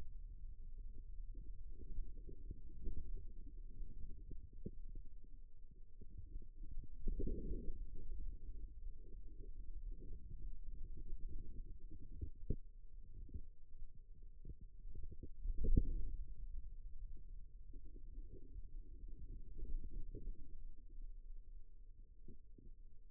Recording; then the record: forearm muscle sounds (acoustic myography)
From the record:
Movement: radial deviation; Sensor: system 2, bracelet of six BSWA MPA416 microphones around the upper forearm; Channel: 4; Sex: male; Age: 22 years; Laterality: right